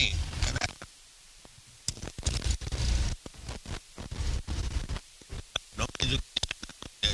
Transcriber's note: static